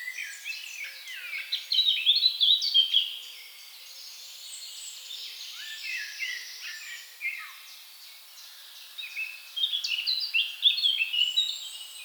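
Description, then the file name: Eurasian blackcap song, busy high warbling with scratchy, varied notes, loudest around two seconds and again toward the end. "Sylvia atricapilla"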